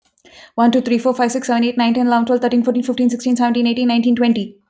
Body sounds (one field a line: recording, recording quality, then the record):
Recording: counting at a fast pace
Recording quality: excellent, no background noise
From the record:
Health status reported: healthy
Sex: female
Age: 28 years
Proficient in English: yes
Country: France